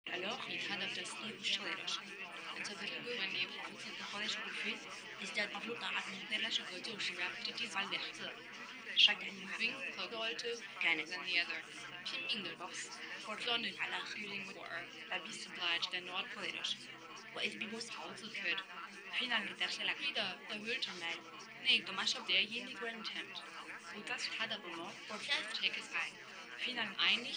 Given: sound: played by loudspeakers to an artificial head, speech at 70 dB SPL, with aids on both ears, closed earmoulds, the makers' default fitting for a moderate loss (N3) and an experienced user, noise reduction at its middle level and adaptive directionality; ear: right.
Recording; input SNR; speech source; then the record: speech test signal (ISTS) in cocktail-party noise; -3 dB; in front (0 degrees)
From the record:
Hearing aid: class 2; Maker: F